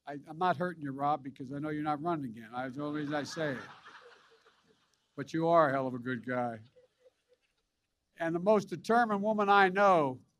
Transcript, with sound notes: I — I’m not hurting you, Rob, because I know you’re not running again. (Laughter.) That’s the only reason I say it. But you are a hell of a good guy. And the most determined woman I know: